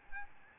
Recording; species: mosquito wingbeat signal from an infrared sensor; Aedes albopictus